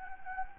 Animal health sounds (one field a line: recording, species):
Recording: mosquito wingbeat signal from an infrared sensor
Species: Anopheles gambiae